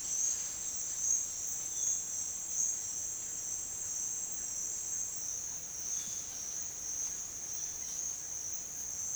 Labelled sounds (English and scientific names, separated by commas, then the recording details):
none
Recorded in dense forest near Puerto Asís, Putumayo, Colombia, on 25 June 2025 at 09:30
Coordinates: 0.468, -76.322
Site GP03